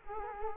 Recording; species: mosquito wingbeat signal from an infrared sensor; Culex quinquefasciatus